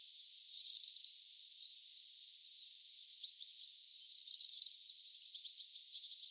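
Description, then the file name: Eurasian wren giving two high, dry churring rattles several seconds apart, with faint thin notes and quick ticks between them. "Troglodytes troglodytes"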